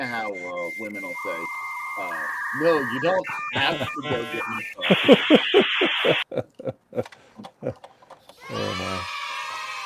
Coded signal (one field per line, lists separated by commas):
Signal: dial-up modem handshake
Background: speech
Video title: #MARCHintosh 🐇Easter🙏 Sunday Retro Repairs🔨Me & My 👀Guests Working On More Stuff + A Live Unboxing